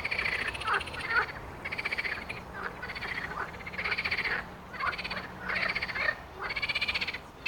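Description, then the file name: Frogs calling in a chorus, rapid rattling croaks rising and falling in rhythmic bursts, a low steady hum running underneath for several seconds. Frog chorus described as a concert. "zabi koncert"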